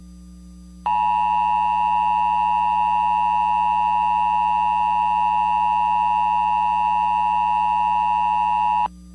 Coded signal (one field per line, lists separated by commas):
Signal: Emergency Alert System (SAME) tones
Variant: 853 and 960 Hz attention tone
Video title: (VALID TONES) EAS Recreation Mock - Stay Away From The Rivers (September 26, 2010)